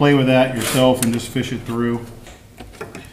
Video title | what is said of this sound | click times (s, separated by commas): New Lincoln Electric Power Mig 210 MP Welding Machine (Ep 3 Tig Weld Adapter Installation) | and that snaps right in there like that | 2.9 s